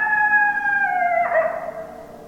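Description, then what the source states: Coyote howl, a steady harmonic tone that suddenly breaks into a rougher, wavering cry and then trails away. Several coyotes, recorded 10 December 2012.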